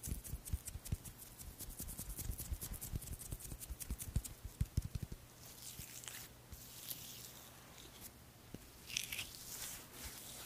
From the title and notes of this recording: ASMR First Person Skin care Room (Korean) (ASMR …). This Asmr has a lot of creamy products, and a lot of massages.